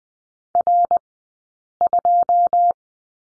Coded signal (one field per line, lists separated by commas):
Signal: Morse code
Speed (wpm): 20 wpm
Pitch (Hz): 700 Hz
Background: none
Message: R2